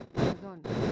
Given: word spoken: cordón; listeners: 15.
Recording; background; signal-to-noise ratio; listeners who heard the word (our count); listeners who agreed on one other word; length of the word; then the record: one Spanish word in noise, from a listening test; noise modulated by one talker; -12.9 dB; 1 of 15; 12 of 15; 0.52 s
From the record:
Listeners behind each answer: 12, 1, 1, 1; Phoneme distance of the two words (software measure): 20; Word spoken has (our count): 2 syllables, 6 phonemes, stress on syllable 2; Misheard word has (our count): 2 syllables, 6 phonemes, stress on syllable 2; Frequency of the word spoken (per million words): 9.11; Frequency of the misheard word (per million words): 23.72